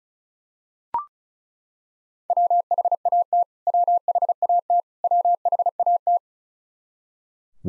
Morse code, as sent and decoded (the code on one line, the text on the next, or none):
.-- .... .- - / .-- .... .- - / .-- .... .- -
WHAT WHAT WHAT